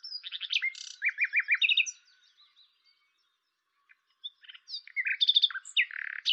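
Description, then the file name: Common nightingale singing a varied phrase of chirps and repeated slurred notes, a short pause, then another rich, varied phrase. "Luscinia megarhynchos"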